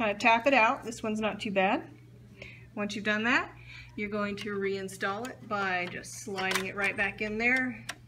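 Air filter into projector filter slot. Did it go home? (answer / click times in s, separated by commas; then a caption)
no / none. Someone talks while handling a cleaned plastic air filter for a projector, about to slide it back into its filter slot. Over the speech there is a faint short sound around 2.4 s. Nothing has seated or clicked yet; the filter is not yet home.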